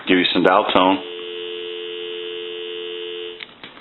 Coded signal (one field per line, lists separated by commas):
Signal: telephone call progress tone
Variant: North America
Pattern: dial tone